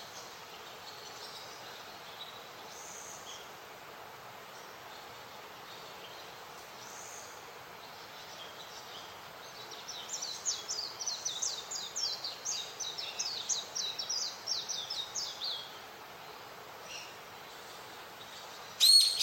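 Many birds twitter in a Japanese mountain forest over a steady, soft hiss of background noise. Faint calls come and go early on, then from about ten to sixteen seconds a bird sings a rapid, bright, chattering run. A sharp sound ends the recording.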